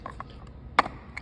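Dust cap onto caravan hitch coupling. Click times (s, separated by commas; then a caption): 0.8 s. A dust cap is fitted over the clasp, pushed shut, on an AusRV X15 off-road caravan hitch coupling; the cap will not snap in place if the clasp is left open. A few light taps come before a sharp, loud snap at 0.8 s, with a softer tick after. The dust cap snaps on and is seated.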